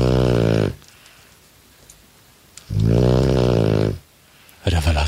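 Snoring at home: loud, low-pitched, rumbling snores with a buzzing harmonic tone, separated by quiet pauses between breaths.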